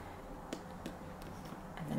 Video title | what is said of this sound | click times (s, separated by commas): Quince Handbag Review - Leather Box Bag & Trapeze Crossbody - Polene & Celine Alternative? | it snaps in place | 0.5 s